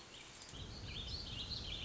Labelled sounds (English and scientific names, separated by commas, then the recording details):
Warbling Vireo (Vireo gilvus)
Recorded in Sonoma County, California